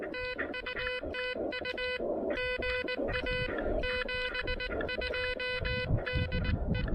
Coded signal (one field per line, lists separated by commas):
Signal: Morse code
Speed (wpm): 19 wpm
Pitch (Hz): 2000 Hz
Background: music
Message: TU TU GA 72 DE